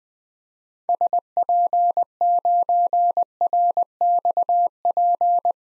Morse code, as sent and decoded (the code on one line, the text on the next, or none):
... .--. ----. .-. -..- .--.
SP9RXP